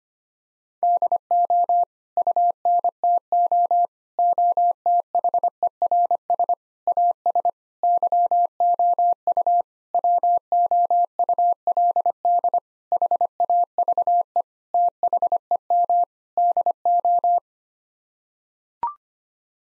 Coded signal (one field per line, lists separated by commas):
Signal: Morse code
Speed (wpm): 25 wpm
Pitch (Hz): 700 Hz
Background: none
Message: DO UNTO OTHERS AS YOU WOULD HAVE THEM DO